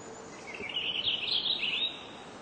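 Purple finch singing a quick, bubbling warble of bright high notes for about a second, with faint hiss throughout.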